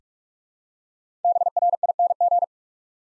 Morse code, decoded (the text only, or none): BRING